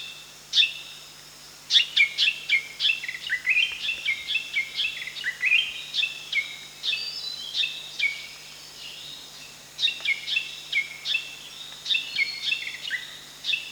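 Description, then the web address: Spotted fantail calling in fast runs of crisp, high, slightly descending chips, broken by short silences before resuming in dense, uneven clusters. Recorded at Danum on 1 July 2008. "DANUM 20080701. spotted fantail"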